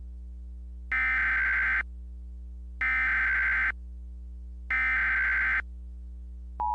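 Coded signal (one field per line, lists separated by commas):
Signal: Emergency Alert System (SAME) tones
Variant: header bursts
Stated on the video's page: Fictional satirical EAS scenario based on Half-Life and SCP, with valid SAME headers, made with EASyKIT.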